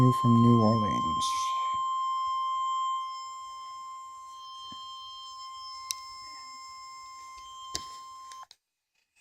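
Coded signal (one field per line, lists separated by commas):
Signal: Emergency Alert System (SAME) tones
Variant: 1050 Hz attention tone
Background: speech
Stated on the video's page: Severe thunderstorm warning received from a NOAA Weather Radio station.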